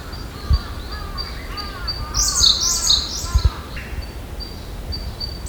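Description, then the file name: Siberian blue robin song: thin repeated high notes, then a loud fast jumbled trill, with lower slurred notes also heard. "koruri"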